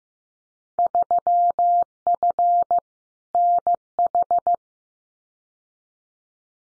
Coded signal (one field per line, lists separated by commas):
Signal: Morse code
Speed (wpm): 15 wpm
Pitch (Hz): 700 Hz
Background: none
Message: 3F NH